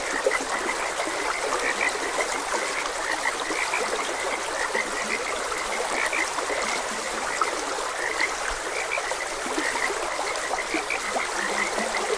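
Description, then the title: Frogs croak in rapid, uneven bursts while a stream babbles steadily underneath the whole time. Frogs croaking beside a gentle stream. "Gentle Stream and Frogs Croaking"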